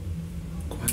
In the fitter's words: tight and it clicks into place